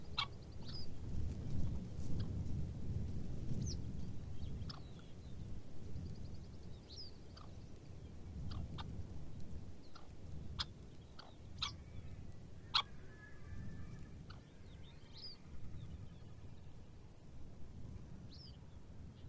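Arctic birds call over a steady low rumble that swells and fades throughout. Short, bright chirps and sharp whistled notes pop up every second or two, with a brief trilling phrase near thirteen seconds and a sharp click-like note just before it.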